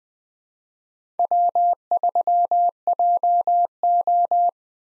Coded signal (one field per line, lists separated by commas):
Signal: Morse code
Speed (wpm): 20 wpm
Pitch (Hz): 700 Hz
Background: none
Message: W3JO